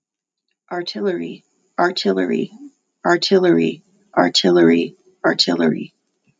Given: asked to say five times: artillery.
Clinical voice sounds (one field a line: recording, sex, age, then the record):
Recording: repeated word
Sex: female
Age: 30 to 39 years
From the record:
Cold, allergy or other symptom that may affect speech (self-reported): no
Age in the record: 39 years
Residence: Utah, United States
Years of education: 12